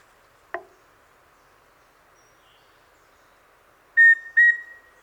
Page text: Andrew Spencer - Рыжегрудая питтоподобная муравьеловка (Formicarius rufipectus)